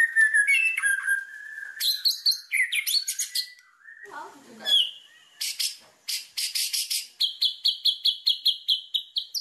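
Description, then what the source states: White-rumped shama song: whistled phrases and chattering notes, a low harsh interjection, then a rhythmic string of sharp repeated high notes. Lure sound meant to make wild birds respond; the bird sings constantly and energetically.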